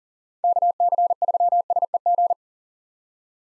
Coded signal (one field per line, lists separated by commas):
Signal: Morse code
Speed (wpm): 40 wpm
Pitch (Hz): 700 Hz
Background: none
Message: KC3SEG